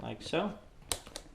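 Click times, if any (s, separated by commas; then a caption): 0.9 s, 1.2 s. A pannier is hung over the metal rear rack tube of a Surly Long Haul Trucker bicycle with its release bar pulled, then pushed down until its spring-loaded plastic hooks snap shut around the rail. Someone talks briefly at the start, then sharp clicks land at 0.9 s and 1.2 s as the hooks close. The pannier is seated and fully attached, so it won't slap against the tire over bumps.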